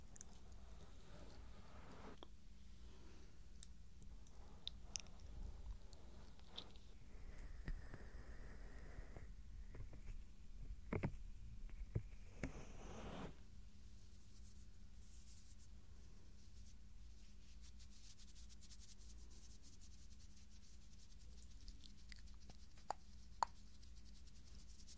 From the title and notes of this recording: ASMR Tingles Overload SOFT Ear Touching & GENTLE Mouth Sounds For Sleep.